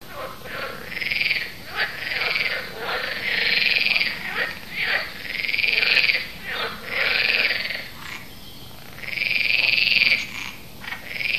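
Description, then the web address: Amphibian calls: harsh, rasping bursts of about a second each, repeated irregularly with short gaps. "amphibien amphibien projekt sounds amphibium"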